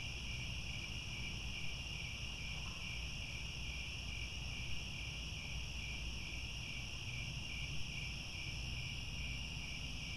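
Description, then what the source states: Crickets singing as a continuous chorus, layered high pulsing trills with low rumbling noise underneath. Chorus of many crickets chirping at twilight as the sun sets.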